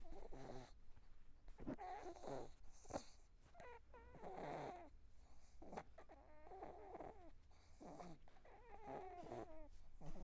Dog snoring.